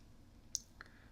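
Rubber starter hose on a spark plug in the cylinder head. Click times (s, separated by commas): 0.5 s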